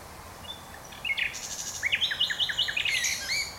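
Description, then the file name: Common nightingale song: a quick series of varied whistled and chirping notes, some repeated in fast succession, lasting about two and a half seconds. "Luscinia megarhynchos"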